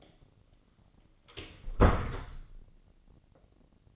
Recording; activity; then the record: daily activity, microphone in the room; close door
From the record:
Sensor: 4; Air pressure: 1010.3 hPa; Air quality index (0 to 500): 198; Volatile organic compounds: 3 ppm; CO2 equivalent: 1417 ppm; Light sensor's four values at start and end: 35/86/36/38 and 38/92/38/40